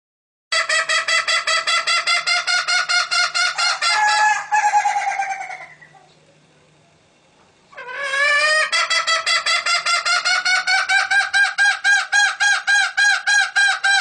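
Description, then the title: Green junglefowl hen delivering fast, dense runs of harsh, harmonic clucks, breaking off into a two-second pause, then resuming just as rapidly. Female. "Suara Ayam Hutan Betina. suara ayam hutan hijau"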